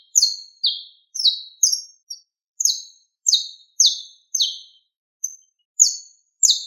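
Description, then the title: Bird giving bright, high chirps, each a quick downward-sliding note, repeated irregularly with short gaps. "LuckyPassaros CompletosSama"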